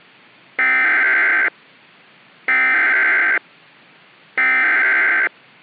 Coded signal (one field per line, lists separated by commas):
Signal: Emergency Alert System (SAME) tones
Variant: header bursts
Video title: The Cyclone (EAS Scenario)